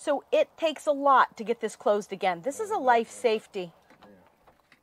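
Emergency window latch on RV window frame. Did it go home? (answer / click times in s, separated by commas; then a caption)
no / none. Someone talks while trying to close and latch the emergency exit window latch on an RV window frame, whose bracket is twisted. Only faint taps are heard near the end, around 3.9 to 4.9 seconds. The latch has not caught or clicked into place yet.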